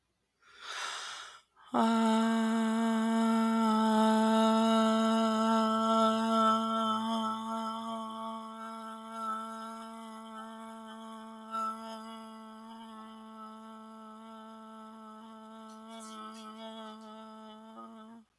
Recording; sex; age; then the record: vowel held as long as possible; female; 30 to 39 years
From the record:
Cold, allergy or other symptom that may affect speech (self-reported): no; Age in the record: 36 years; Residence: Wisconsin, United States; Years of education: 18